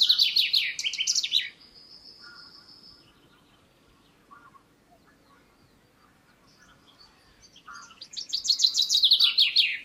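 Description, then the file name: Common chaffinch singing two phrases, each a fast tumbling trill that falls in pitch, with soft, scattered calls in the pause between them. "Fringilla coelebs"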